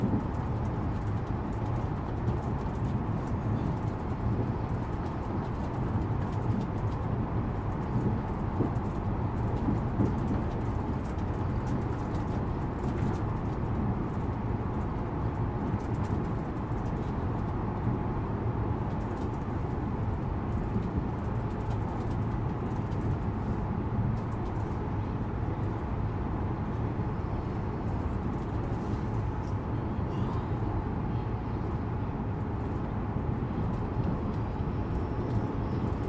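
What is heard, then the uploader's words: Steady airplane cabin noise: a dense, constant roar weighted toward the low end, with a deep hum underneath and a faint thin whine held at one pitch throughout. The level never changes across the whole stretch, and no separate events stand out. Air Plane White Noise - ASMR. The humming of the air planes engines.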